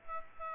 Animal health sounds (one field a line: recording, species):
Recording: mosquito wingbeat signal from an infrared sensor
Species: Aedes aegypti